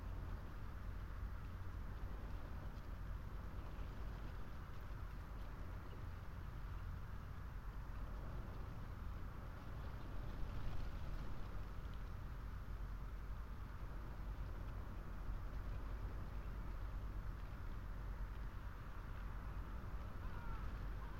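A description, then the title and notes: Wind blows steadily around a lone tree and through telegraph wires, a dense low rumble that barely changes over the whole stretch. A faint brighter hum sits above it, and a slightly stronger gust swells around the ten-second mark before settling back. Lone tree under windswept telegraph wires. The long line of them that stand along the Creel Path, on the east coast of Scotland. The tree, weather stunted and probably overlooked by almost all who stumble by on the rough stone track, holds and shelters the Lento microphones.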